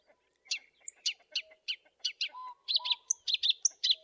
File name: suara kerakbasi alis hitam masteran